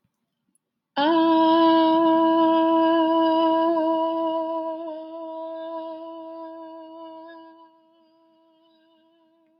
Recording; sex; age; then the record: vowel held as long as possible; female; 40 to 49 years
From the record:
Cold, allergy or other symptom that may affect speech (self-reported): no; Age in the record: 42 years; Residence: Virginia, United States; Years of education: 18